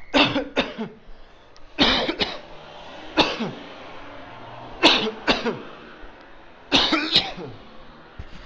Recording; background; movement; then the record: voluntary coughing; traffic; walking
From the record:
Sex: male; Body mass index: 20.6 kg/m2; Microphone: on the chest, facing outward